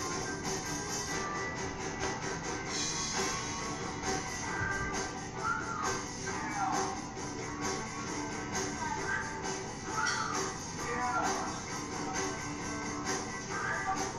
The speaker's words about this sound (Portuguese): A baixista, ela faz uns assobios.